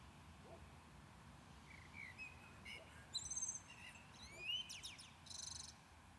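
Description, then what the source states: Common blackbird song with soft warbled whistles followed by bursts of thin, high twittering notes, against a faint low hum. Recorded at Maindy.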